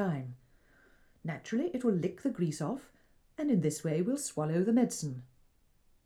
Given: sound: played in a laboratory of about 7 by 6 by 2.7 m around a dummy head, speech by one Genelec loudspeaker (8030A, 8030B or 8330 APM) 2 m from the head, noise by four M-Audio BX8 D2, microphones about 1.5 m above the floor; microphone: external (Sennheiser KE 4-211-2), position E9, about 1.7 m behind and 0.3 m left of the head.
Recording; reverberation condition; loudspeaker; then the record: female speech in English; low; 150 degrees to the left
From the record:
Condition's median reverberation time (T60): about 310 ms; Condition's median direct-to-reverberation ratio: about 3.5 dB